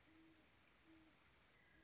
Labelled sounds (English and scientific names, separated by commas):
Great Horned Owl (Bubo virginianus)